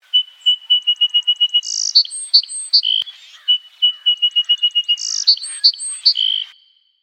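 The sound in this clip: Song sparrow song, given twice: a run of evenly repeated clear notes, then a higher buzzy note and a jumble of varied notes.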